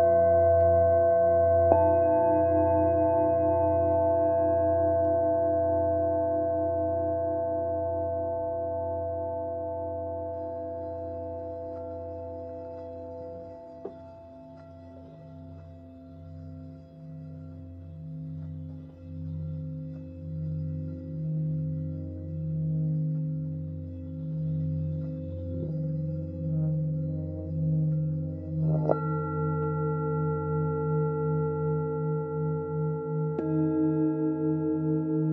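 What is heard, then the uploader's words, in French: Tibetan singing bowls ring in long, overlapping tones, low and full with a steady slow wobble. Fresh strikes land near 2, 29 and 34 seconds, while around the middle the sound fades and swells in rhythmic pulses as if a bowl is being rubbed. Bols tibétains.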